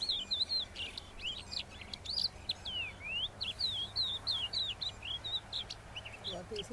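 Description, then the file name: Crested lark calls: a steady string of clear whistled notes, some rising and some falling, given in quick succession over low steady noise. "Crested lark alok"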